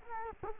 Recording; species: mosquito wingbeat signal from an infrared sensor; Culex quinquefasciatus